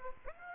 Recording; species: mosquito wingbeat signal from an infrared sensor; Aedes aegypti